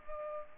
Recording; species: mosquito wingbeat signal from an infrared sensor; Culex pipiens